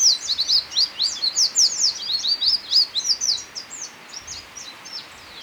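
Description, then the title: Black-crested warbler song: quick bright chirps tumbling in a high, dense series, loud at first and tapering off to scattered notes by the end. "Myiothlypis Nigrocristata"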